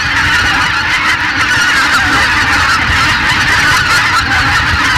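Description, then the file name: Greater white-fronted goose flock calling: a dense, continuous chorus of overlapping high honks and yelps, steady and loud throughout with no pauses. Massed flock chatter ('bazaar') of greater white-fronted geese. "Белолобый базар"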